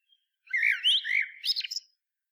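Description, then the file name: Common blackbird uttering a twittering series of slurred whistled notes, some sweeping upward, followed by several quick high chips. "Turdus merula"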